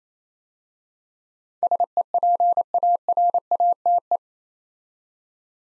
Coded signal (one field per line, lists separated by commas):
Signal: Morse code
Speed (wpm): 27 wpm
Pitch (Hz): 700 Hz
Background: none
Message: SEPARATE